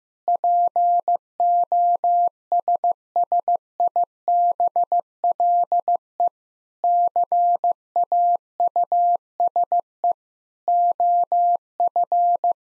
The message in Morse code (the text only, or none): POSSIBLE CAUSE OF